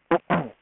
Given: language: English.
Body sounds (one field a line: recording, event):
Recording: throat vibration sensor signal played as sound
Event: throat clearing